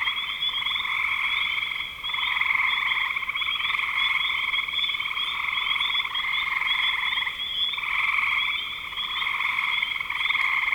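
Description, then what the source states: Frogs calling in a continuous chorus of overlapping rapid trills, steady rattling with a few brief pauses. Frogs recorded in spring 2025.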